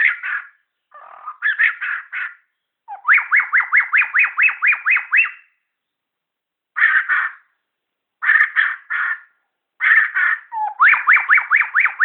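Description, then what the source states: Shama song of harsh chattering bursts alternating with fast, regular runs of sharp repeated notes, separated by brief silences. Bornean form (murai Borneo).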